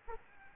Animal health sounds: mosquito wingbeat signal from an infrared sensor; Aedes albopictus

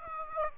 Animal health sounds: mosquito wingbeat signal from an infrared sensor; Aedes aegypti

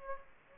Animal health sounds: mosquito wingbeat signal from an infrared sensor; Aedes aegypti

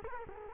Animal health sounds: mosquito wingbeat signal from an infrared sensor; Culex quinquefasciatus

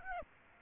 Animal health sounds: mosquito wingbeat signal from an infrared sensor; Aedes aegypti

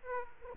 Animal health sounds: mosquito wingbeat signal from an infrared sensor; Aedes aegypti

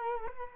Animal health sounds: mosquito wingbeat signal from an infrared sensor; Culex quinquefasciatus

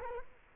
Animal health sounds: mosquito wingbeat signal from an infrared sensor; Culex quinquefasciatus

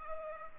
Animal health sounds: mosquito wingbeat signal from an infrared sensor; Culex pipiens

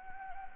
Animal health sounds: mosquito wingbeat signal from an infrared sensor; Anopheles arabiensis

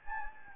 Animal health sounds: mosquito wingbeat signal from an infrared sensor; Anopheles gambiae

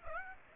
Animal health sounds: mosquito wingbeat signal from an infrared sensor; Aedes aegypti

